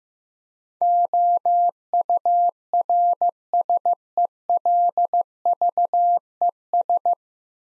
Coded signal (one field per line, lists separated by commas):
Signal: Morse code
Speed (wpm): 15 wpm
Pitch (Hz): 700 Hz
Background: none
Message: OURSELVES